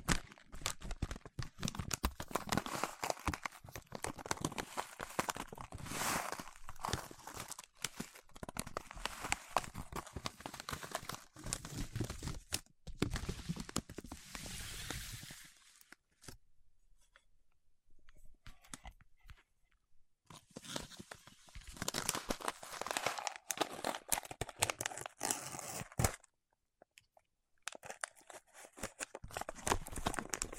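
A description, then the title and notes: Wax being rubbed and worked between fingertips makes dense crinkling, crackling bursts, with near-silent pauses around 16–20 seconds and near 27 seconds. ASMR with Wax Fingertips for Sleep (No Talking).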